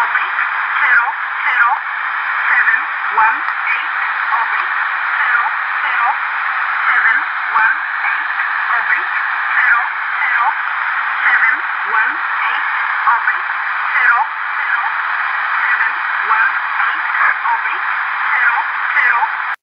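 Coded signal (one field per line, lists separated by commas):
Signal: numbers station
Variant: E11 Oblique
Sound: faint voice reading short evenly spaced words through heavy shortwave hiss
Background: radio static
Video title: E11 Oblique Poland 15632 kHz 20131219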